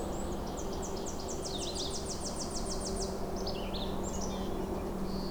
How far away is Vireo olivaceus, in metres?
about 40 m